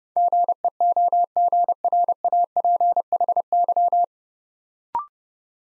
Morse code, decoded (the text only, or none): GEOGRAPHY